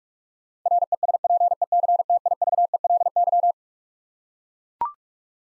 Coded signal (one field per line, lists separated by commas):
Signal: Morse code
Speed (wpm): 41 wpm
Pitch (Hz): 700 Hz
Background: none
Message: RESPECTIVELY